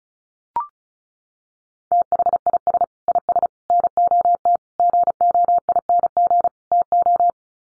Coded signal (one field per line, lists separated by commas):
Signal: Morse code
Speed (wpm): 34 wpm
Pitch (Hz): 700 Hz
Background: none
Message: THIS IS NOT GOING TO